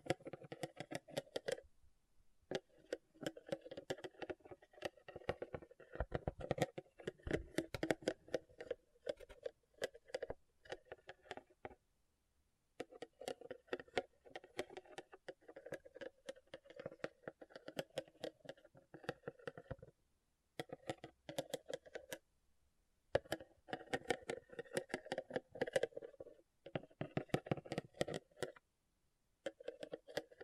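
Rhinestones are tapped and scratched in dense, rapid bursts of sharp clicks and ticks, mostly bright with a steady middle tone. The activity comes in runs of several seconds broken by brief silences, near 2, 12, 20 and 22 seconds.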